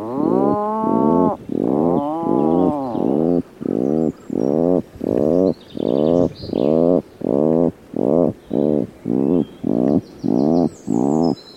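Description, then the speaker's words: Atlantic puffin growl: two longer moaning notes open a long, regular train of short throaty pulses, with faint thin chirping from other birds in the background. Given after the eggs are laid, from inside the nesting burrow; a growling call likened to a softer chainsaw; recorded in Scotland. "Als de eieren eenmaal zijn gelegd, trekt de papegaaiduiker zich terug in het broedhol en hebben ze een grommende roep die vaag doet denken aan het geluid van een kettingzaag, maar dan zachter."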